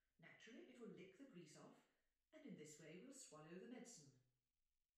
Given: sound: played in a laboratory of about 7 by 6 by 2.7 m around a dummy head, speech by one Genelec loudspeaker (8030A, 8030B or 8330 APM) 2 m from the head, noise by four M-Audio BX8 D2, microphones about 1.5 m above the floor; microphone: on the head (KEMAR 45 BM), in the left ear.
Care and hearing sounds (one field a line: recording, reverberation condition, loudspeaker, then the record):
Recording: female speech in English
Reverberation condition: medium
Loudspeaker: 60 degrees to the right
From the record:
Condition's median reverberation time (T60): about 510 ms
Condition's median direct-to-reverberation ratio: about -0.5 dB